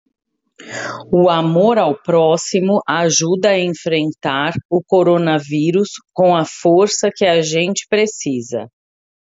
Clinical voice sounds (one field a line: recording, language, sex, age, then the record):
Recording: spoken sentence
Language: Brazilian Portuguese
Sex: female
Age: 40 to 49 years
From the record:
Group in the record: control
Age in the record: 48 years